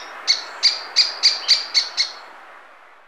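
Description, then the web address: Uniform treehunter giving a run of seven sharp, clipped notes evenly spaced just under a third of a second apart, fading slightly toward the end. Ecuador. "S America Birds of Ecuador. Uniform Treehunter"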